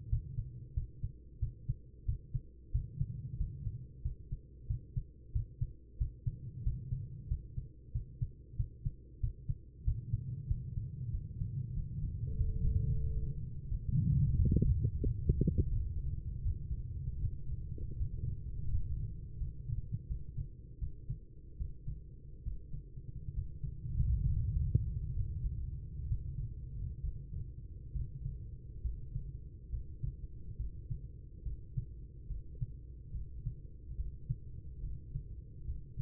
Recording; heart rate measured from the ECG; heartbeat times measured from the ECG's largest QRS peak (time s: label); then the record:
heart sounds by stethoscope; 81 bpm
0.09 s: heartbeat
0.73 s: heartbeat
1.39 s: heartbeat
2.05 s: heartbeat
2.71 s: heartbeat
3.37 s: heartbeat
4.02 s: heartbeat
4.67 s: heartbeat
5.32 s: heartbeat
5.97 s: heartbeat
6.63 s: heartbeat
7.27 s: heartbeat
7.92 s: heartbeat
8.56 s: heartbeat
9.20 s: heartbeat
9.84 s: heartbeat
10.47 s: heartbeat
11.10 s: heartbeat
11.73 s: heartbeat
12.36 s: heartbeat
13.00 s: heartbeat
13.67 s: heartbeat
14.35 s: heartbeat
14.99 s: heartbeat
15.69 s: heartbeat
16.41 s: heartbeat
17.19 s: heartbeat
17.96 s: heartbeat
18.69 s: heartbeat
19.37 s: heartbeat
20.06 s: heartbeat
20.78 s: heartbeat
21.56 s: heartbeat
22.42 s: heartbeat
23.33 s: heartbeat
24.24 s: heartbeat
25.12 s: heartbeat
26.06 s: heartbeat
27.00 s: heartbeat
27.91 s: heartbeat
28.81 s: heartbeat
29.69 s: heartbeat
30.56 s: heartbeat
31.42 s: heartbeat
32.27 s: heartbeat
33.11 s: heartbeat
33.95 s: heartbeat
34.80 s: heartbeat
35.64 s: heartbeat
From the record:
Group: healthy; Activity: rest 0-14 s, breath hold 14-36 s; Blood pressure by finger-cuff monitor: 115/73 mmHg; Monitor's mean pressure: 88 mmHg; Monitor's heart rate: 79 bpm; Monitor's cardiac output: 5.5 L/min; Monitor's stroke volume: 69 mL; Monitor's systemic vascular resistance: 1080 dyn s/cm5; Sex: female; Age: 43 years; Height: 160 cm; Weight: 90 kg